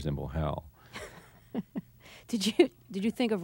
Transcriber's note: laughs